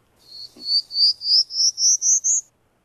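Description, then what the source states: Prairie Warbler song: a rising run of eight high, buzzy zee notes in even steps. Played from a companion audio guide, a second time; described as a buzzy song rising all the way through.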